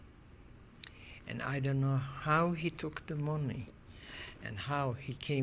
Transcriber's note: none